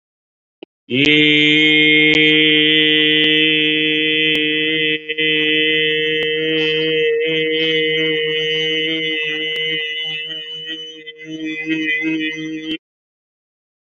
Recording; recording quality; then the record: sustained vowel as in made; excellent, no background noise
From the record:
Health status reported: COVID-19 positive, no symptoms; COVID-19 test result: positive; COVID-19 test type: RT-PCR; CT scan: not taken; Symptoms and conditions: none ticked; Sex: male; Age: 38 years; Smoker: no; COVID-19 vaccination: both doses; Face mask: worn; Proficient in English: no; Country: India